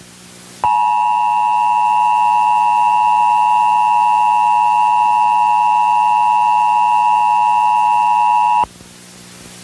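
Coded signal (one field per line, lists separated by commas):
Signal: Emergency Alert System (SAME) tones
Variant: 853 and 960 Hz attention tone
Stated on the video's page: Mock EAS scenario with genuine valid SAME tones, a recreation rather than a real alert.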